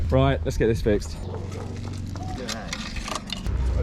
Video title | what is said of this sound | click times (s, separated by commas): We rode from London to Paris in 24 hours (Part 2) | Why is that not clicking in? | none